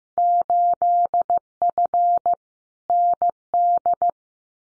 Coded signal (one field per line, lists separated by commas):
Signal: Morse code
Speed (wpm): 15 wpm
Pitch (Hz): 700 Hz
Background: none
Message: 8F ND